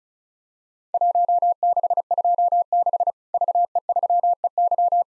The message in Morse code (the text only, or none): 1626 VE3EY